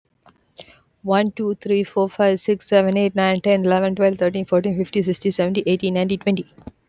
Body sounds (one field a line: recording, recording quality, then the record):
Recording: counting at a fast pace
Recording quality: excellent, no background noise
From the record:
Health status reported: exposed to COVID-19, no respiratory illness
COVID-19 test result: negative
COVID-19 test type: RT-PCR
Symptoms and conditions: cough, cold, sore throat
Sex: female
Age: 25 years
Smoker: no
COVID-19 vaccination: both doses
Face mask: not worn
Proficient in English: yes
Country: India